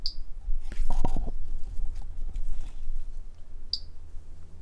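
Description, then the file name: Brachycephalus tridactylus call: two short high chirps, almost four seconds apart, with rustling noise between them. Individual 03, example 01; animal not collected. "Brachycephalus tridactylus individual 03 example 01 not collected by MR Bornschein 160310"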